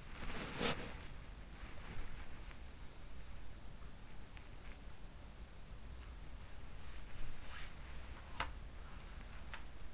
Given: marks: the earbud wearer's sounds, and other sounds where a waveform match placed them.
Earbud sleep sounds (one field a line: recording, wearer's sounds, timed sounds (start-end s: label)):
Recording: sounds in sleep by an in-ear microphone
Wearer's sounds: body movement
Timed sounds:
0.00-1.13 s: body movement
8.06-9.78 s: sound from someone else or the room